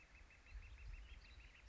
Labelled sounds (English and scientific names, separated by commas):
Northern Flicker (Colaptes auratus)